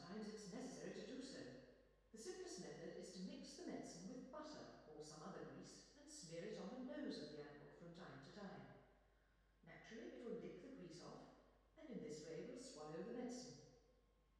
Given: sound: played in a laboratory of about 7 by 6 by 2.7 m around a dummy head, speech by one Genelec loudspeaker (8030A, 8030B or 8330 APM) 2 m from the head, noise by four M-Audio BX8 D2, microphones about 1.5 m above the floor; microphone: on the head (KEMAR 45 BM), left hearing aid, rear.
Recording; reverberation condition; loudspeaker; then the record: female speech in English; high; 90 degrees to the right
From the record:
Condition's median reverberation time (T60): about 1300 ms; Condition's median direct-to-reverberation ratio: about -4.0 dB